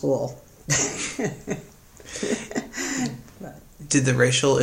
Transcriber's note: laughter